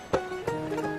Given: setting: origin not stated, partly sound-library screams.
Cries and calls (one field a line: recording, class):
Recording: one-second piece from a danger detection set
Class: normal situation